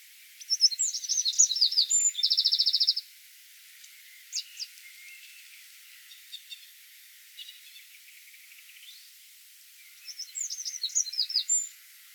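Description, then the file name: Eurasian wren with a loud burst of rapid high trills and chattering notes, a few scattered notes in the middle, then another energetic trilling burst near the end. "Troglodytes troglodytes"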